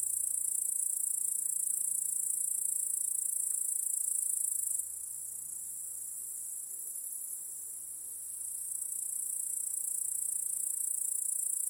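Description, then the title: Shrill cricket chorus running without pause over a soft low hum, with an abrupt quieter stretch midway before it builds again. Backyard crickets chorusing at night. "Crickets in Your Backyard 🏡. Discovering the Sounds of Home"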